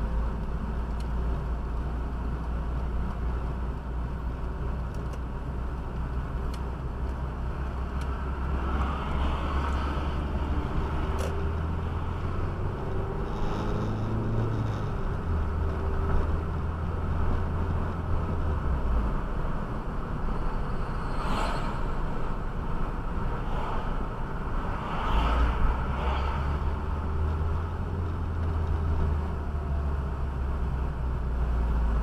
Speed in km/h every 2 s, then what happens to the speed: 23, 25, 24, 28, 28, 31, 44, 46, 50, 50, 48, 46, 42, 35, 28, 21.
0-9 steady at about 25. 9-19 speeds up to 50. 19-32 slows to 21.